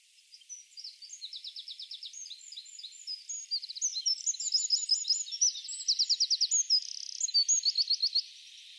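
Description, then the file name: Eurasian wren song, a long high-pitched outpouring of rapid trills and sharp twittering notes that grows louder toward the end. "Troglodytes troglodytes"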